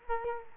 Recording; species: mosquito wingbeat signal from an infrared sensor; Culex quinquefasciatus